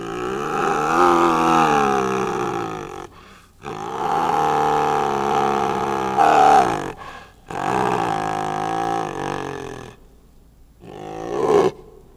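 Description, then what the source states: Tiger growls in long, harsh, rumbling bouts broken by brief pauses, ending with a shorter, rougher grunt-like burst. Tiger growling, with some grunts.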